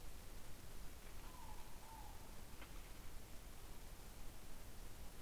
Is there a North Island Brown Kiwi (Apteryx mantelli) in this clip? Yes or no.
no